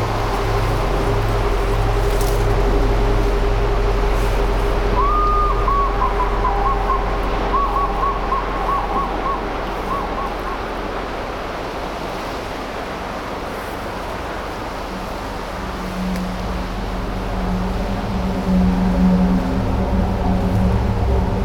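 Ground sounds and the resonances of structures form a steady, dense low rumble that fills the whole clip. A held hum sits under it for the first half, a wavering higher tone drifts through from about five to ten seconds, and a new low drone rises near fifteen seconds.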